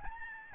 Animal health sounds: mosquito wingbeat signal from an infrared sensor; Aedes albopictus

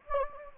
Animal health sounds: mosquito wingbeat signal from an infrared sensor; Anopheles gambiae

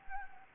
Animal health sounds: mosquito wingbeat signal from an infrared sensor; Anopheles gambiae

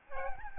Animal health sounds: mosquito wingbeat signal from an infrared sensor; Aedes albopictus

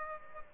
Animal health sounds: mosquito wingbeat signal from an infrared sensor; Aedes aegypti

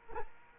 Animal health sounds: mosquito wingbeat signal from an infrared sensor; Culex quinquefasciatus

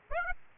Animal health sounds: mosquito wingbeat signal from an infrared sensor; Aedes aegypti

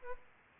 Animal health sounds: mosquito wingbeat signal from an infrared sensor; Aedes aegypti

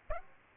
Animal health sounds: mosquito wingbeat signal from an infrared sensor; Aedes aegypti

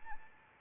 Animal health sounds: mosquito wingbeat signal from an infrared sensor; Anopheles arabiensis

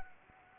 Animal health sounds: mosquito wingbeat signal from an infrared sensor; Anopheles arabiensis

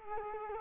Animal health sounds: mosquito wingbeat signal from an infrared sensor; Culex quinquefasciatus

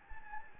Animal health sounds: mosquito wingbeat signal from an infrared sensor; Anopheles gambiae

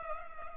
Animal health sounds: mosquito wingbeat signal from an infrared sensor; Culex pipiens

